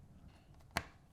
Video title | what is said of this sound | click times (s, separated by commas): ULTIMATE MECHANICAL BROADHEAD TEST | yeah so they just kind of snap in place friction fit all closed up so pretty tight and | 0.8 s